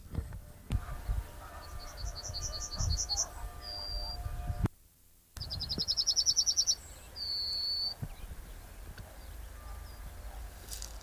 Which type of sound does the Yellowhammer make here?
song